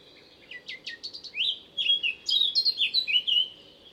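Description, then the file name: Eurasian blackcap song opens with quick high scratchy chips, then breaks into a rich, loud warble of fluty whistled phrases. "Sylvia atricapilla"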